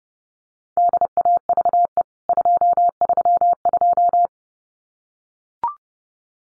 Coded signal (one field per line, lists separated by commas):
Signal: Morse code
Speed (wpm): 30 wpm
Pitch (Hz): 700 Hz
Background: none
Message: DAVE 232